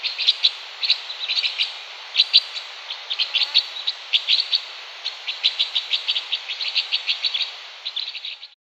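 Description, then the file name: Two-barred crossbill calls: a dense stream of short, sharp chips, uneven in rhythm and bunched in quick clusters, running throughout against a soft hiss. "bandelkorsnabb"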